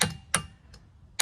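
A clicking torque wrench set to 55 ft-lb re-checks the propeller nut on an outboard motor. Sharp metallic clicks sound at about 0.4 s and 1.2 s, with a fainter tick near 0.7 s. The 55 ft-lb setting is confirmed as met.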